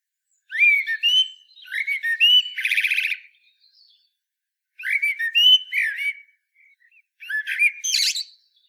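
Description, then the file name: Common blackbird song: several warbled, flute-like phrases, some ending in a harsh twitter, with short silences between. "Turdus merula"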